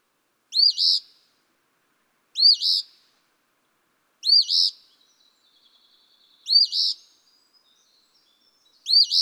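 Eastern Phoebe repeating its rough fee-bee phrase five times, roughly every two seconds, each ending in a buzzy second syllable.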